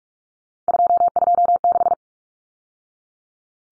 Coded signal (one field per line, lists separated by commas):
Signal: Morse code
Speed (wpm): 44 wpm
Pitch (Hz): 700 Hz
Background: none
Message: 226